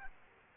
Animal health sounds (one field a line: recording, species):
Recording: mosquito wingbeat signal from an infrared sensor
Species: Aedes aegypti